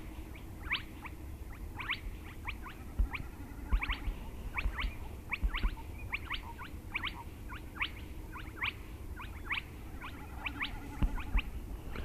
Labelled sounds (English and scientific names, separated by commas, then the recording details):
Common Snipe (Gallinago gallinago) bleating
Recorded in the wild
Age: adult
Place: Schwedt/Oder, Nationalpark Unteres Odertal, Brandenburg, DE
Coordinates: 53.132, 14.3534
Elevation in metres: 1
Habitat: wetland
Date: 2015-04-23 21:18
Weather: clear, 11°C, almost windless
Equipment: Sound Devices 702, Sennheiser MKH 70, Rycote Windschutz
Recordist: Frommolt, Karl-Heinz